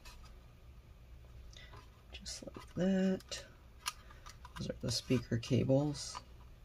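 A speaker cable connector is handled at its socket on a Lenovo ThinkPad P50 laptop motherboard while someone talks. Short sharp ticks sound at about 1.6, 3.9, 4.1 and 4.5 seconds. Nothing has seated or clicked into place yet.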